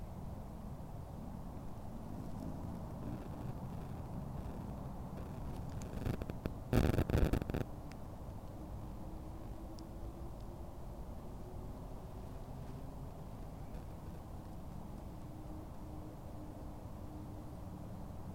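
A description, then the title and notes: A soundwalk in Withlacoochee State Forest: a steady low rumble throughout, broken by a loud cluster of sharp knocks around seven seconds. Soundwalking - Withlacoochee State Forest.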